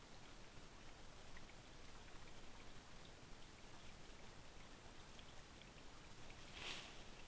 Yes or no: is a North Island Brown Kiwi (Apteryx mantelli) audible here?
no